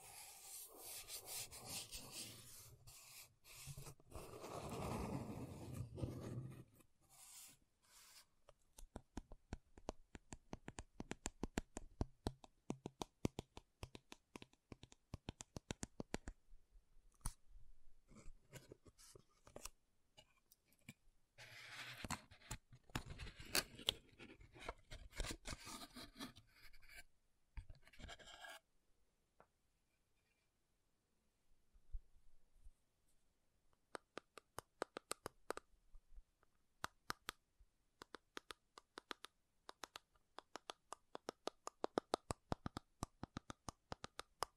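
Makeup tapping and scratching, with rapid, dense clicks and scratchy strokes in bursts. A rough rubbing passage fills the first six seconds, then quick taps run unevenly, pausing near 29 to 33 seconds before fast scratching resumes to the end.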